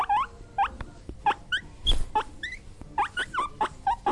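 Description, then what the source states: Guinea pig calling with brief, sharp, rising squeaks repeated rapidly in uneven bursts, some notes bending higher. Angry.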